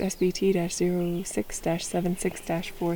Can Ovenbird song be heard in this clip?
no